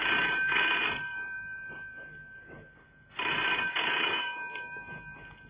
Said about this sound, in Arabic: اوه تعال انت رد على التليفون، اذا حد سأل علي اقول له انا مش هنا.